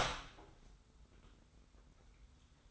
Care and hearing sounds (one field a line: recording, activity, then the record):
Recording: daily activity, microphone in the room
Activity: open door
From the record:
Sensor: 3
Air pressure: 990.4 hPa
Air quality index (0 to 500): 168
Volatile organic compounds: 1000 ppm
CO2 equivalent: 5440 ppm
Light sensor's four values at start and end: 47/110/45/43 and 47/110/45/42